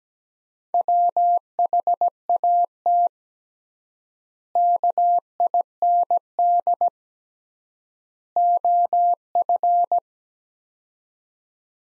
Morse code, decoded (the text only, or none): WHAT KIND OF